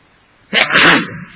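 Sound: sneeze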